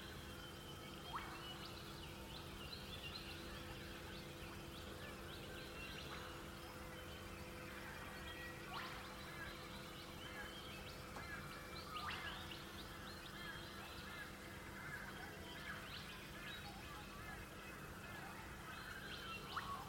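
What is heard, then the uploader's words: Dawn chorus in the Australian countryside near Bellingen, with birds calling over a steady low hum. Sharp bright chirps and short rising calls stand out every couple of seconds, layered over a dense bed of softer chatter and tweets that never lets up. Sunrise sounds of the Australian countryside near Bellingen, NSW. As the light rises the animals' chatter and connect through sound.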